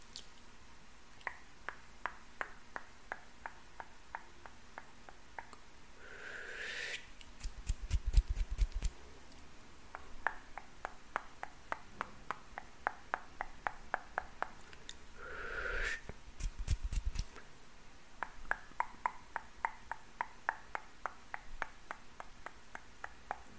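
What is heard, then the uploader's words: Quiet mouth sounds: rapid soft clicks and pops throughout, with brief breathy swishes around six and fifteen seconds over a faint low hum. ASMR PLUCKING NEGATIVE ENERGY, ASMR HAND MOVEMENTS MOUTH SOUNDS, ASMR CLEANING ENERGY.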